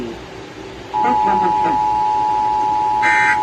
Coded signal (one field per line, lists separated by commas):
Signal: Emergency Alert System (SAME) tones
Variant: 853 and 960 Hz attention tone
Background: speech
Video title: What's Sleep? V2 | EAS Alerts From 8/1-3/2022 (EAS #1,620-1,647)